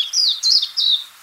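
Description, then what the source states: Warbling white-eye song of three high, sweet, sliding notes in quick succession. Recorded on the Senami coast, Niigata Prefecture, Japan.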